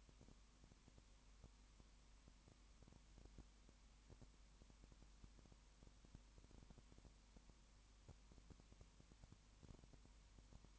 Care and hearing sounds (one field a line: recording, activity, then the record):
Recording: daily activity, microphone in the room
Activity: no activity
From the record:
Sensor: 1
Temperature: 19.7 degrees Celsius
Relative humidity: 40.5%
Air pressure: 1010.7 hPa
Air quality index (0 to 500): 208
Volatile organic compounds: 56 ppm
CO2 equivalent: 3367 ppm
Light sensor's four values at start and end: 1/2/1/1 and 1/2/1/1